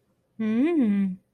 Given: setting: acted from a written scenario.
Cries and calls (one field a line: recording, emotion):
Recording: vocal sound without words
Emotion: desire